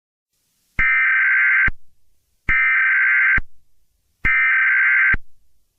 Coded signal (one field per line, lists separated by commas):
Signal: Emergency Alert System (SAME) tones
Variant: header bursts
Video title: EAS Scenario: The Second Great Blue Norther in October ? #easscenario